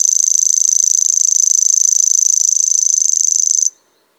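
Grasshopper song: a sustained, high, rattling buzz of rapid pulses that cuts off abruptly near the end, leaving silence.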